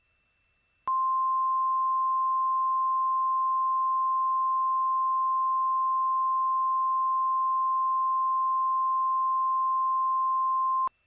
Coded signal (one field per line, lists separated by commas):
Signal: Emergency Alert System (SAME) tones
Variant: 853 and 960 Hz attention tone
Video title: EAS - Not Lovin' It